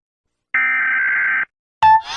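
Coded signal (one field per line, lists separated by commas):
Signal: Emergency Alert System (SAME) tones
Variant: header bursts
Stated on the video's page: EAS alarms being rated.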